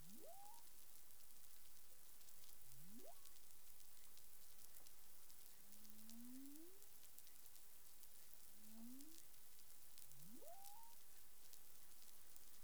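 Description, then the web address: Humpback whale vocalizing, a series of five rising tonal sweeps, some sharp upward whoops and some drawn-out ascending moans, spread throughout amid constant crackling background noise. Recorded in the Caribbean on 20 April 2021 at 04:26 UTC. "CARIMAM. humpback whale"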